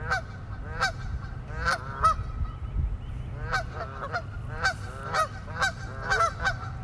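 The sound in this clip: Goose: geese honking, many repeated honks from several birds, with a low rumble throughout.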